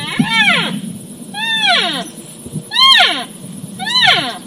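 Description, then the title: Elk calling four times in quick succession, each call a high, arching, downward-sliding whine, with a low rumble beneath. Elk vocalizations during the early rut, during a total eclipse. "Early Rut Total Eclipse Elk Vocalizations"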